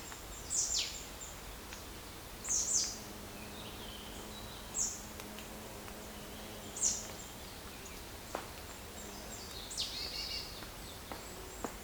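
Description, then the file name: Marsh tit calls: sharp, high, down-slurred notes roughly every two seconds, then a longer descending call, over a faint steady background hum. "Poecile palustris"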